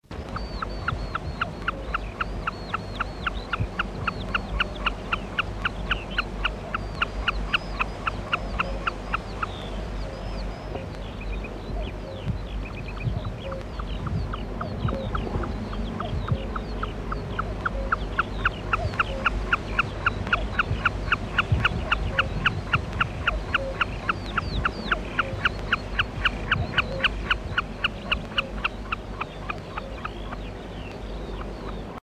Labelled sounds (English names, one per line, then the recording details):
Common Snipe call
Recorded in the wild
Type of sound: call
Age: adult
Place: Pevestorf (Höhbeck), Niedersachsen, DE
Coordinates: 53.05, 11.46
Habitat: meadow
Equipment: Uher 4000 Report L, Parabolreflektor, Dynamisches Uher Mikrofon
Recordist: Gaeth, Peter
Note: Bekassinenbalz: Tüke